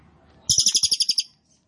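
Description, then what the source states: Cililin giving one rapid, high, buzzy trill of about ten even pulses, lasting under a second, over faint low thumps. Recording made for training caged birds; song style called trorol konslet; bird singing very actively (gacor banget).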